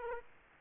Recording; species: mosquito wingbeat signal from an infrared sensor; Aedes aegypti